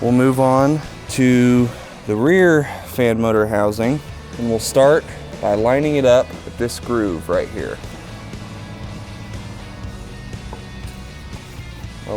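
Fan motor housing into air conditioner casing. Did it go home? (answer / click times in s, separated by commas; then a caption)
no / none. The rear fan motor housing of an air conditioner is lined up with a groove and lowered into the air conditioner casing before being pressed home. Someone talks over background music for the first eight seconds, then only quieter, steady background sound continues. Nothing has seated or clicked yet.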